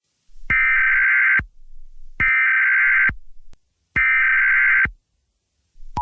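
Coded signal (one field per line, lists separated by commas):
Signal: Emergency Alert System (SAME) tones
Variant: header bursts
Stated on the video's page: Fictional EAS scenario, not a real alert.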